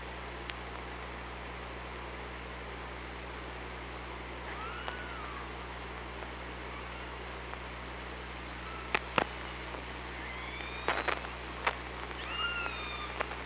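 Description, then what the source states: Orca calls, faint rising and bending tones with harmonics, a few scattered throughout and more near the end, over steady underwater hiss with sharp clicks. Recorded on the OrcaLab hydrophone, underwater, 24 August 2017.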